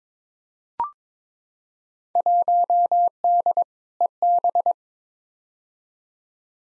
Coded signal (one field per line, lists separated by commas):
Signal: Morse code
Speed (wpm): 22 wpm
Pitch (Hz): 700 Hz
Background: none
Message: 1D EB